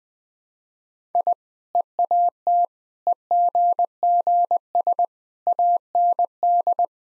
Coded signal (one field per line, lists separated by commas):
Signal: Morse code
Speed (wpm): 20 wpm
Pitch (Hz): 700 Hz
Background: none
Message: I EAT EGGS AND